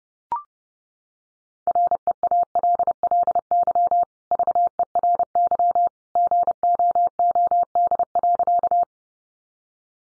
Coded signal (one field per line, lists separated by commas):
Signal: Morse code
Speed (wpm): 30 wpm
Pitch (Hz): 700 Hz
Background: none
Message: REALLY VERY GOOD.